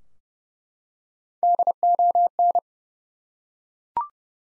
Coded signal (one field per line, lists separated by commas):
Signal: Morse code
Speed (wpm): 28 wpm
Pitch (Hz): 700 Hz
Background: none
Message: DON